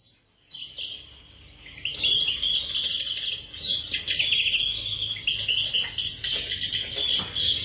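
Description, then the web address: Garden birds singing, many high chirps and twittering phrases overlapping, growing louder after the first two seconds. Assorted birds in a garden. "Sound Effects Special FX 2. Assorted Birds in Garden"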